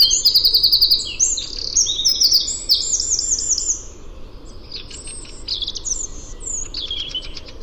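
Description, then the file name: Eurasian wren song: loud, fast, high twittering trills for several seconds, fading into softer scattered trilled notes. "Troglodytes troglodytes"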